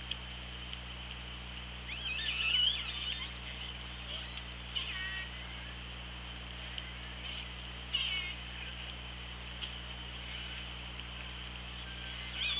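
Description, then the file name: Orca calls, several bursts of wavering, harmonic squeals spaced a few seconds apart, set against continuous hiss and a steady low-pitched hum. Recorded by OrcaLab hydrophone on 24 August 2017 at 16:28. "Orca Lab UTLN 20170824 162807"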